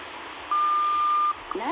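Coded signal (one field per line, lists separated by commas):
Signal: radio time signal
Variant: WWVH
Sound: static hiss, then one steady high tone lasting under a second, then static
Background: radio static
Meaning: The long 1200 Hz tone marks the start of a new minute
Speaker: At the tone, 5 hours, 29 minutes. National Institute of Standards and Technology Time. This is radio station WWVH Kauai, Hawaii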